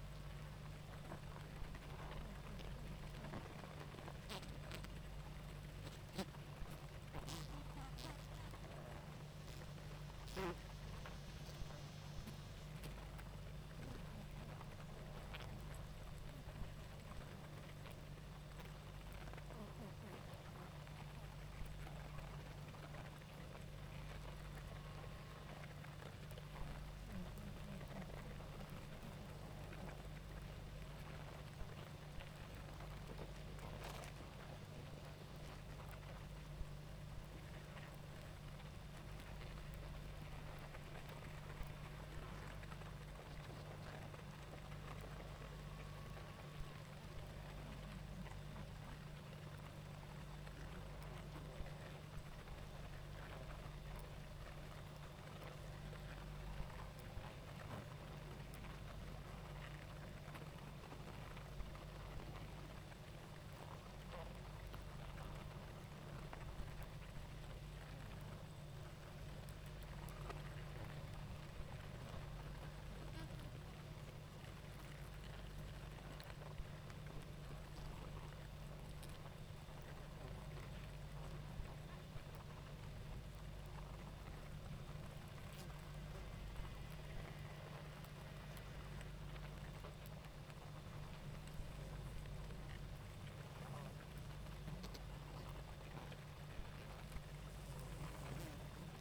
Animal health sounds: honeybee colony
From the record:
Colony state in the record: active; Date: 28 July 2017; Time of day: 19:32

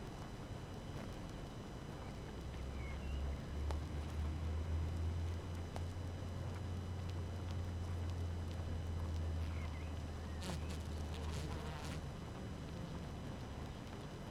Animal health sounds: honeybee colony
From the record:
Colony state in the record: active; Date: 12 June 2018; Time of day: 5:35

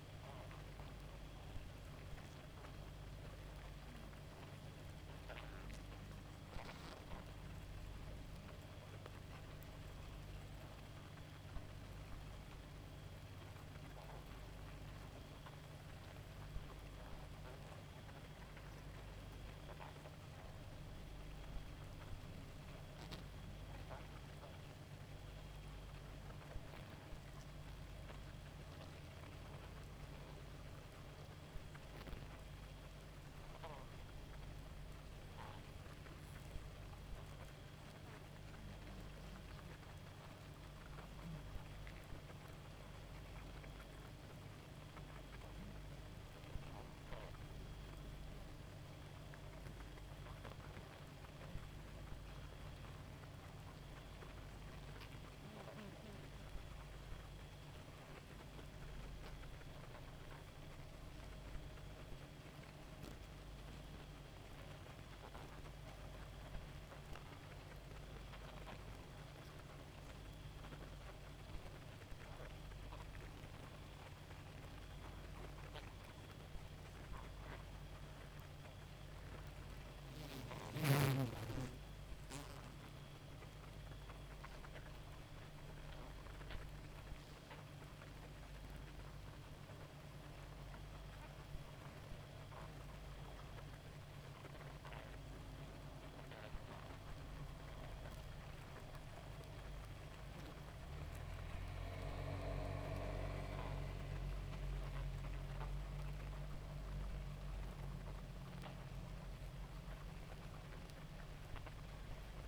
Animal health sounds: honeybee colony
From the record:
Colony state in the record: active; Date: 28 July 2017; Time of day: 1:01

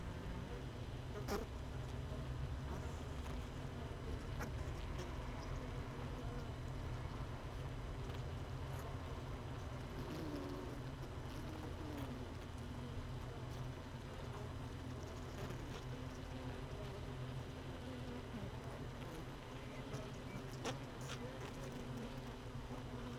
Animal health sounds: honeybee colony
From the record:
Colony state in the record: missing queen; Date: 31 May 2018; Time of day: 16:50

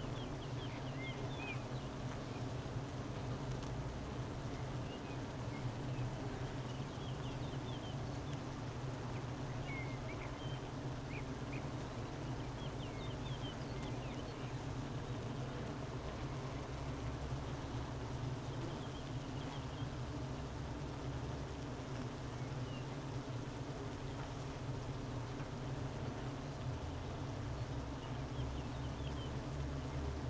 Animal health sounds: honeybee colony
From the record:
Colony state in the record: missing queen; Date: 31 May 2018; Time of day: 12:12

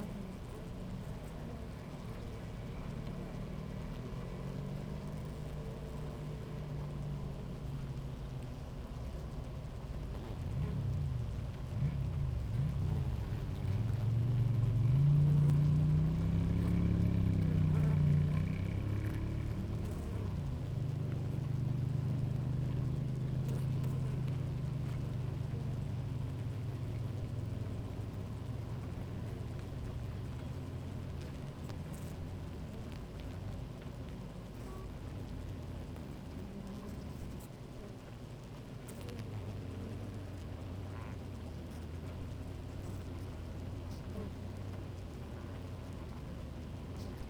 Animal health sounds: honeybee colony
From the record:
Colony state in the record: active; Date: 28 July 2017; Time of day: 10:41

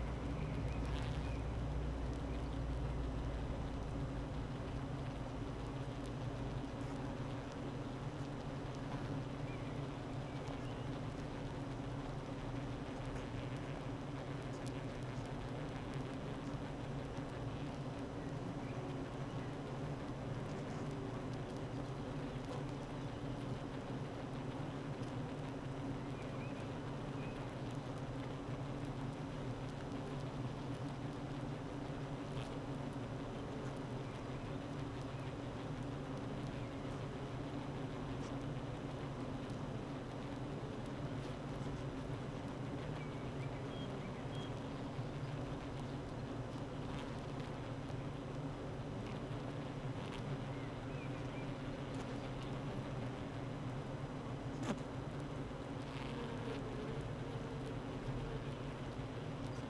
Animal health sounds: honeybee colony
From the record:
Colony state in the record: active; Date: 12 June 2018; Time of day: 8:40

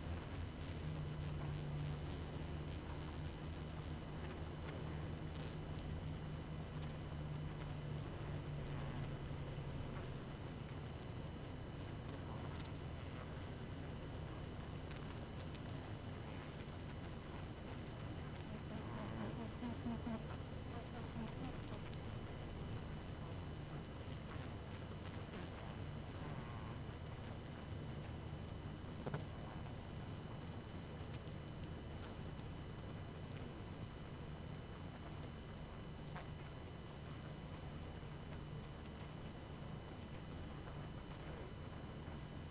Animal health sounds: honeybee colony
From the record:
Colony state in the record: active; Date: 12 June 2018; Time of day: 22:18

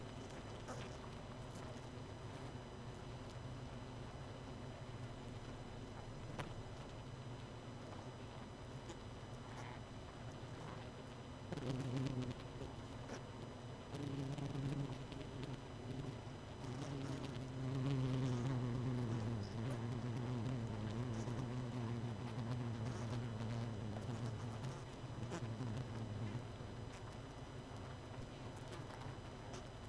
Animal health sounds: honeybee colony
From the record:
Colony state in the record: missing queen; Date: 31 May 2018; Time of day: 23:10

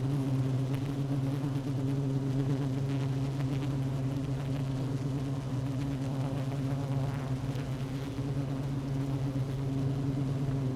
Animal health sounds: honeybee colony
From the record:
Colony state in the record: active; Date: 12 June 2018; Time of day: 16:55

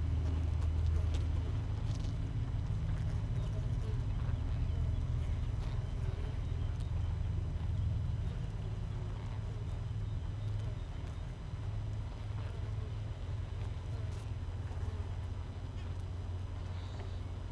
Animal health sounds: honeybee colony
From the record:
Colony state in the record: missing queen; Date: 31 May 2018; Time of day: 5:42

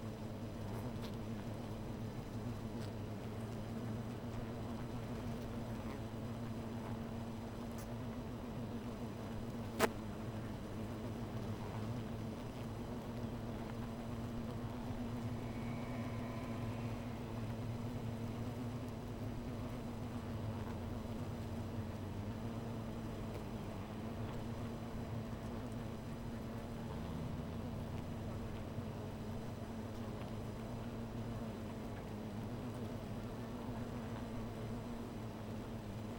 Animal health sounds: honeybee colony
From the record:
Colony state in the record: missing queen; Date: 14 July 2017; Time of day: 16:45

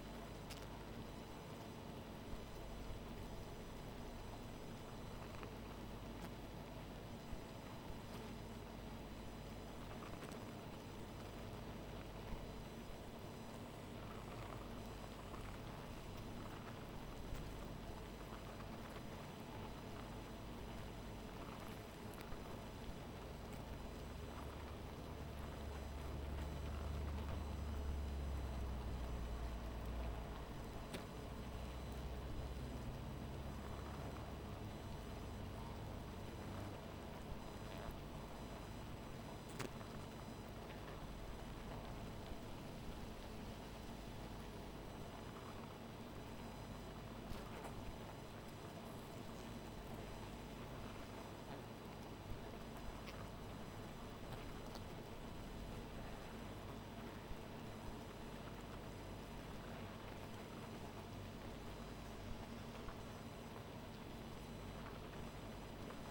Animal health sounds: honeybee colony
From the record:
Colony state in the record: missing queen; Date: 14 July 2017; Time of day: 1:18

